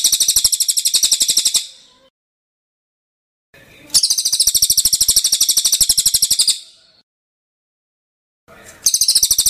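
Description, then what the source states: Songbird delivering very high, rapid trills in bursts of about two seconds, separated by silent pauses. Training recording for songbirds.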